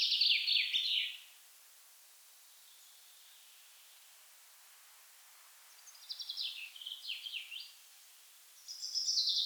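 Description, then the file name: Common chaffinch song, three bright bursts: a short descending phrase at the start, a fuller trill ending in a flourish midway, and another phrase at the end, quiet between. "Fringilla coelebs"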